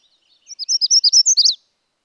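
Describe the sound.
Magnolia warbler song: a quick series of high, sweet slurred notes forming one short phrase, with a couple of faint thin notes just before.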